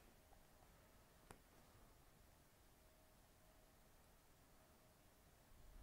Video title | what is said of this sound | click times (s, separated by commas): Adam Drake from Mugen Seiki Racing shows how to install and remove clutch shoes. | push it all the way down and then you'll hear that spring kind of snap into place | 1.3 s